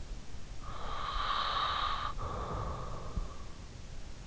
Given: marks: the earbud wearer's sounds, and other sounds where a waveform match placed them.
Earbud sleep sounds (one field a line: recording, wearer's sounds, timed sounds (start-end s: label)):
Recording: sounds in sleep by an in-ear microphone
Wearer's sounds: breath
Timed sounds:
0.28-3.94 s: breath